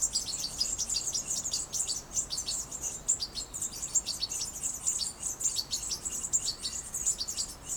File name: Carduelis carduelis